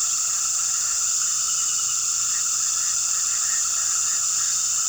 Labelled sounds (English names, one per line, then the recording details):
none
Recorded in pastures near Puerto Asís, Putumayo, Colombia, on 18 February 2024 at 19:30
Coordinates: 0.466, -76.323
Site G6384